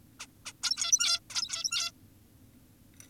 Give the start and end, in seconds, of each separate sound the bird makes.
0.20-0.27, 0.46-0.53, 0.63-1.20, 1.30-1.92